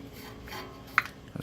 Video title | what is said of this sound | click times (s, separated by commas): 2010 Honda Rancher 420 4x4 ES - Spark Plug Removal | plug wire back on make sure it snaps in place and then | 1.0 s